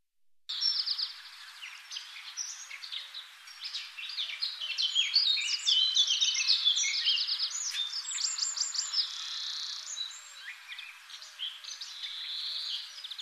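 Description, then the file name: Eurasian blackcap song: a dense, fast, twittering warble of high chirps and scratchy notes running almost nonstop, swelling in the middle of the stretch. "Sylvia atricapilla"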